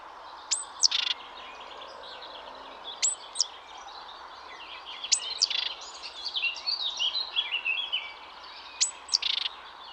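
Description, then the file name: Great tit calls: short, high sweeping double notes returning about every two to four seconds, with other birds twittering busily in between. "Parus major"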